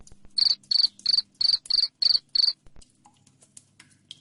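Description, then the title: Cricket chirping, seven quick shrill pulses in a row, then stops, leaving faint ticks and a low hum. Loud cricket chirping said to make lovebirds sing continuously. "Suara JANGKRIK NGERIK Keras Bikin LOVEBIRD Jadi NGEKEK Terus Vubey"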